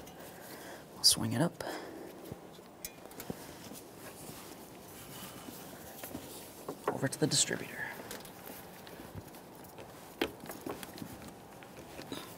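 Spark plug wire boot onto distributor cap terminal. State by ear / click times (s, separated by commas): seated / 10.2 s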